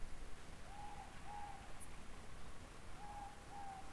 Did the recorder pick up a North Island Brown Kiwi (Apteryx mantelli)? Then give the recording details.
no. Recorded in New Zealand on 16 October 2015. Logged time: 20:14. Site BM6